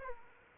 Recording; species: mosquito wingbeat signal from an infrared sensor; Aedes aegypti